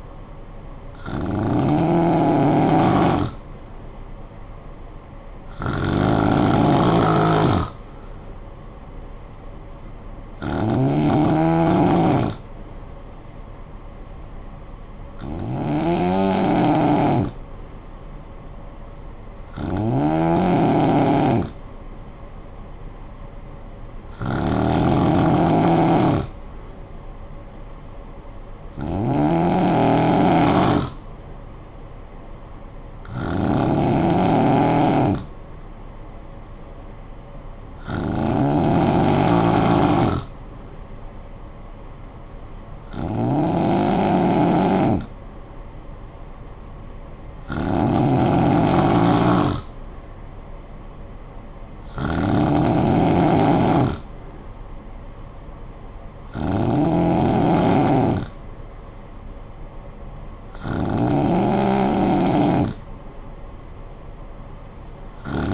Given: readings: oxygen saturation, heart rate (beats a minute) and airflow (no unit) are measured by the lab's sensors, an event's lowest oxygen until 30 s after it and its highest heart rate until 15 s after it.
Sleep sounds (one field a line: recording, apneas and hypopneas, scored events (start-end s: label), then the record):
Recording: breathing in sleep by a smartphone at the bedside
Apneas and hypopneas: none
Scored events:
none scored
From the record:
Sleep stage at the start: N2 (light sleep)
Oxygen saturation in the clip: 91 to 93%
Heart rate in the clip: 53 to 59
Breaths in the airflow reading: 14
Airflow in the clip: -9.2 to 5.0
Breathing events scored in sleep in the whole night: 445 in 7.6 hours asleep